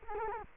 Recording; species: mosquito wingbeat signal from an infrared sensor; Culex quinquefasciatus